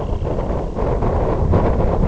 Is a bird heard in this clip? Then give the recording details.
yes. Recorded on Arctic tundra, site IGLO-F, on 19 June 2018. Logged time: 00:00